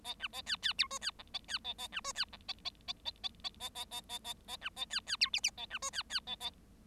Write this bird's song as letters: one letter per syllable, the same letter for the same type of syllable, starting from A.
A B A C C D E C F A C A A B E C F A A A A A A A A A A A A B A C C D G G A B E C C A A